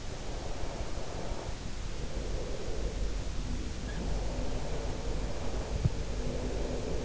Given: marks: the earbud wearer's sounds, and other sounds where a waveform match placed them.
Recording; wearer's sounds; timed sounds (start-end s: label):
sounds in sleep by an in-ear microphone; breath
0.48-3.19 s: breath
4.26-7.04 s: breath